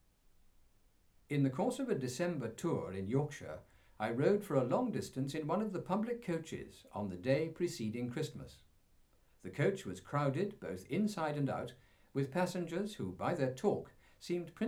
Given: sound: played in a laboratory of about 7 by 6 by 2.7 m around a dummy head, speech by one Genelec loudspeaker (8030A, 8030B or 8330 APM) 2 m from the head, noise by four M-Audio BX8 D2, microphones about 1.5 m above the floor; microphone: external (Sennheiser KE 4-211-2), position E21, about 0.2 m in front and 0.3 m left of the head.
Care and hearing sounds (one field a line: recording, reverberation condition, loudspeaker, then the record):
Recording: male speech in English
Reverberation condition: low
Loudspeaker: 60 degrees to the left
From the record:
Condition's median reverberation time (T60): about 310 ms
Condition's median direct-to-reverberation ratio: about 3.5 dB